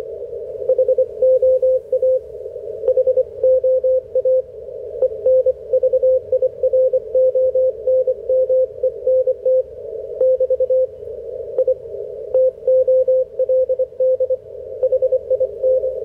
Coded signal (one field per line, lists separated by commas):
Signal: Morse code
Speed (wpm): 26 wpm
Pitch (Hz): 520 Hz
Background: radio noise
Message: HOA HOA ENVIRONMENT <BT> I TOLD HIN